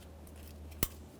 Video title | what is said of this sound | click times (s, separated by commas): How to Replace MAP Sensor 1994-1997 Honda Accord | press it in listen for a click give it a tug to make sure it's secured | 0.8 s